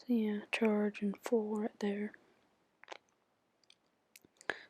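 Someone talks briefly, then a battery is slid back into the battery compartment of a compact Canon PowerShot SX730 HS camera, with faint handling ticks. A sharp latch click at 4.5 s marks the battery locking in place, seated.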